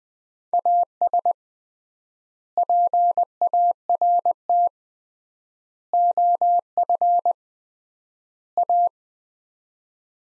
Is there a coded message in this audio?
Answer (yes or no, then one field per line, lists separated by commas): yes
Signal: Morse code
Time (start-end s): 0.5-8.9 s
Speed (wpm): 20 wpm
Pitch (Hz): 700 Hz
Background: none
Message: AS PART OF A